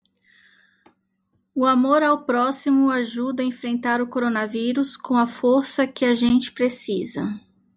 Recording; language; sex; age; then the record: spoken sentence; Brazilian Portuguese; female; 30 to 39 years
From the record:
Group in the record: control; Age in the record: 37 years